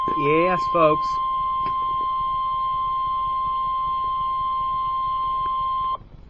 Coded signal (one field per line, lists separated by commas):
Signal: Emergency Alert System (SAME) tones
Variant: 1050 Hz attention tone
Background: speech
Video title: Severe Thunderstorm Warning (EAS #29) 3/15/12